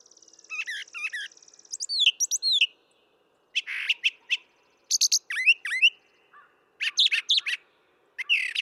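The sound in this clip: Brown thrasher song, a rich run of varied whistled and buzzy phrases, several notes given in quick pairs or triplets, with short pauses between bursts.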